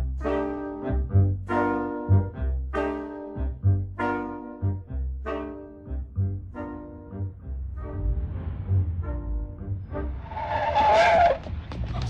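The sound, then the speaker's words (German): Tires shriek in a long, wavering high-pitched squeal as a car brakes hard for a pedestrian running across the street, the screech rising and breaking into harsh scraping noise before ending abruptly. “Sind Sie wahnsinnig, ohne zu gucken, über die Straße zu laufen? Verzeihung, ich habe nur auf das Auto von der Gegenseite geachtet.”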